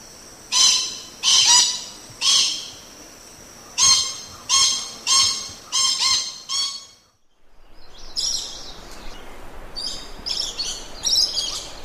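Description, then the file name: Lorikeet screeching calls, a series of harsh grating shrieks, then a brief pause and a softer run of scratchy notes. "Лори -Лорикет -Попугай -Голоса-птиц"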